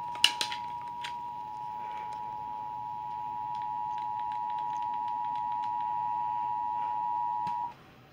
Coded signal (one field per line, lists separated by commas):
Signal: Emergency Alert System (SAME) tones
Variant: 853 and 960 Hz attention tone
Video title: MOTHER'S DAY... EAS Alerts From 5/12/24 - 5/13/24 (EAS#1,059 - #1,093)